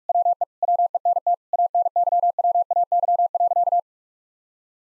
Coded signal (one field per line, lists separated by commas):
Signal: Morse code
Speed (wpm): 41 wpm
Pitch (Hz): 700 Hz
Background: none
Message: WE WENT ANYWAY.